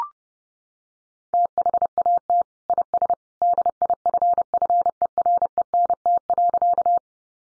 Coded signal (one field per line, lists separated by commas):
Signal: Morse code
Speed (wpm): 30 wpm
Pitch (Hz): 700 Hz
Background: none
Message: THAT IS DIFFERENT.